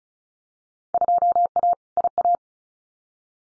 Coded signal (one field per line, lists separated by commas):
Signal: Morse code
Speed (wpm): 36 wpm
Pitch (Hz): 700 Hz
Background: none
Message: 2A IA